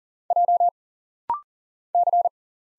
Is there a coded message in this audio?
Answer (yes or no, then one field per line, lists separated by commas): yes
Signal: Morse code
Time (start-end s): 0.3-2.3 s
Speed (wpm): 40 wpm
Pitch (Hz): 700 Hz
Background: none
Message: J C